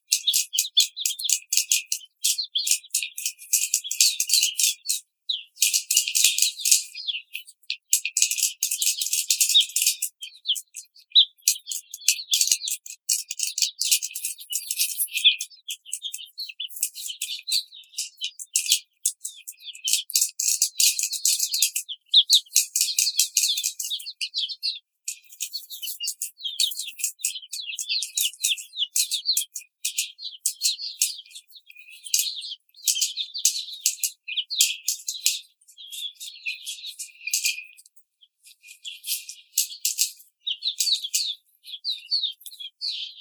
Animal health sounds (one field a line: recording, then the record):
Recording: young laying hens in a cage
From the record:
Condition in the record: treatment cage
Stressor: simulated dog barking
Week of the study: 5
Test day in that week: 1